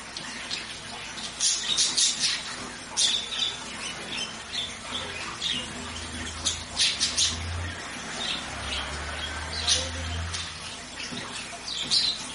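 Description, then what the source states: Budgerigar chatter, scratchy squeaks and harsh notes in rapid clusters, with a faint low hum underneath at times. White budgerigar.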